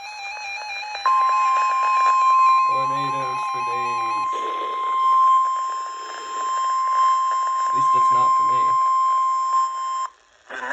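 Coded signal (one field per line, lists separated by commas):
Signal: Emergency Alert System (SAME) tones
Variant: 1050 Hz attention tone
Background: speech, music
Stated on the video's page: NOAA Weather Radio tornado warning from NWS Mount Holly, heard on channels 1 and 5.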